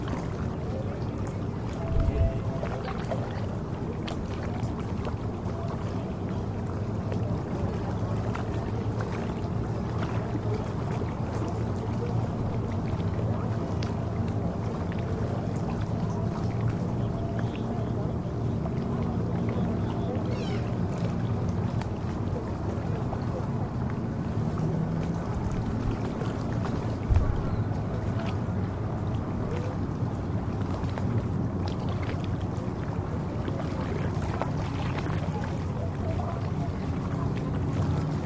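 Kayaks and boats move on a sheltered inlet while water laps steadily against the shore. A dense, low rumble of water and wind runs throughout, with faint voices and small knocks scattered across it, and two brief sharper thumps near the start and around 27 seconds.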